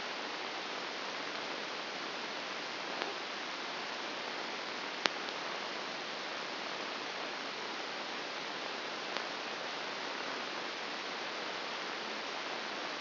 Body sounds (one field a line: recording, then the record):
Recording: brain microelectrode recording played as sound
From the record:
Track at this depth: inside the subthalamic nucleus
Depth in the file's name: 2.504 mm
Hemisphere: left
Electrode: 2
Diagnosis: Parkinson's disease